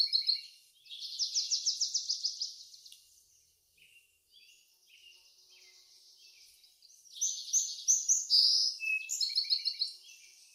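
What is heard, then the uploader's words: Backyard birds sing in a continuous stream of high, bright chirps and trills. A rapid trill runs from about one to three seconds, softer twittering follows, then another burst of dense, ringing song comes in near seven seconds and carries to the end. Backyard Birds - Ambient Nature Bird Sounds.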